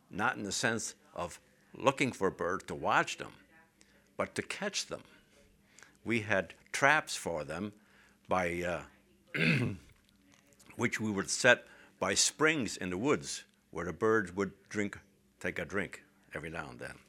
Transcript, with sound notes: not in the sense of looking for birds to watch them, but to catch them. We had traps for them by ( he clears his throat ) which we would set by springs in the woods where the birds would drink, take a drink every now and then.